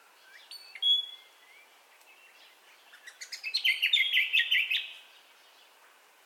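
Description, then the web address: Birds at dawn: a couple of sharp high whistles and chirps, then a quick jingling trill of repeated notes lasting over a second. Dawn ambience of birdcalls, recorded in stereo. "Sound Effects-Foundation Updates AMBIENCE DAWN BIRDCALLS STEREO"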